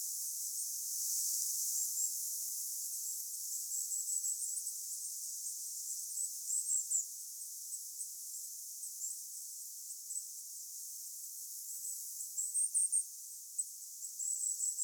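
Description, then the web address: Goldcrests giving very high, thin call notes, scattered throughout, with denser runs midway and near the end, against a constant hissing background. Several goldcrests calling on Vähä saari island, 26 September 2024. "paivat 26 9 2024 vahan saaressa olleiden hippiaisten aantelya"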